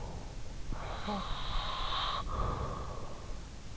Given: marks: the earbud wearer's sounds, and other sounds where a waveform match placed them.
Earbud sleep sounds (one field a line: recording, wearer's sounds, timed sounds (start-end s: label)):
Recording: sounds in sleep by an in-ear microphone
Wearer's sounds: breath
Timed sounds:
0.42-3.27 s: breath